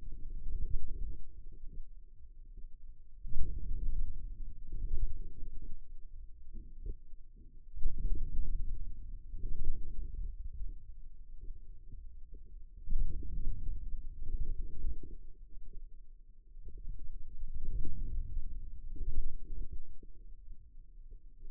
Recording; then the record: forearm muscle sounds (acoustic myography)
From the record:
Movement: outward rotation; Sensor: system 2, bracelet of six BSWA MPA416 microphones around the upper forearm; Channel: 2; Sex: male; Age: 22 years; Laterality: right